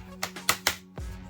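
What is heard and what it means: More clips of the plastic screen bezel on a Lenovo Ideapad S130 laptop display lid are pressed home along the edge. Three sharp snaps are heard at 0.2, 0.5 and 0.7 seconds, followed by a softer knock near 1.0 seconds. The bezel is seated and perfect.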